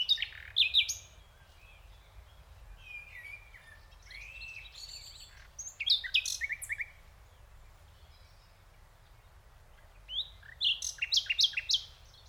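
Common nightingale song in bursts separated by pauses: rapid clicking rattles, whistled slurs and a fast run of staccato notes, with faint low background noise.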